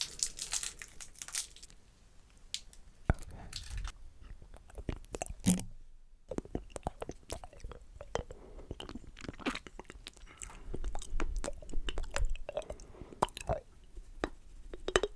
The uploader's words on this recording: ASMR Lollipop & Mouth Sounds.